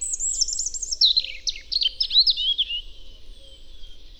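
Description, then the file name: European robin singing a rapid, high, sparkling phrase that trickles downward in a series of quick, thin notes, then fades away. "Erithacus rubecula"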